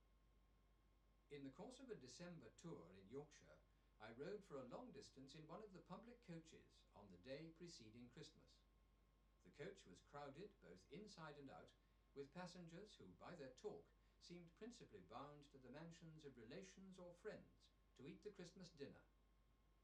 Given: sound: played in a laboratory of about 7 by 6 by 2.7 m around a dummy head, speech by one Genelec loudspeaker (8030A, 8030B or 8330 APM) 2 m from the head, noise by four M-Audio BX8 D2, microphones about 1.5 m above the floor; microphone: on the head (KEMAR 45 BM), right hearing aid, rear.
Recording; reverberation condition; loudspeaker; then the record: male speech in English; low; 150 degrees to the left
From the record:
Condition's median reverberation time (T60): about 310 ms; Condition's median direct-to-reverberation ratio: about 3.5 dB